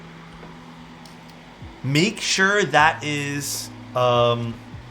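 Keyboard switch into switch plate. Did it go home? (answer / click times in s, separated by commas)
no / none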